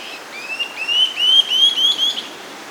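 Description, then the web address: Olivaceous flatbill song: a quick series of rising, slurred whistled notes, delivered in under two seconds over faint background hiss. Recorded in South America. "Natures Songs S America Olivaceous Flatbill"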